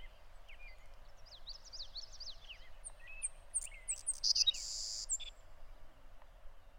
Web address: soundandlightecologyteam. savannahsparrow